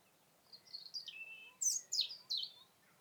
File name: Troglodytes troglodytes